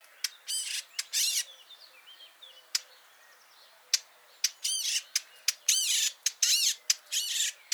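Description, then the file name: Eurasian blackcap alternating sharp tack clicks with buzzy, rasping churrs in uneven bursts, some quiet gaps between. "Sylvia atricapilla"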